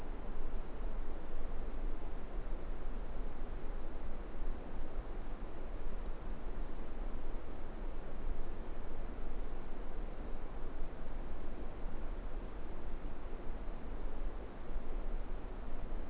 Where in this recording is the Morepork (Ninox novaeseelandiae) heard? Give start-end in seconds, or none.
none